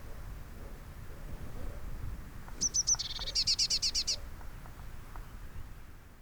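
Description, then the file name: Eurasian blue tit calling: three thin high notes, then a brief buzzy note leading into a quick run of churring notes, over a soft low background rumble. "Cyanistes caeruleus"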